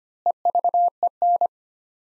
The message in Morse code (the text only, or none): EVEN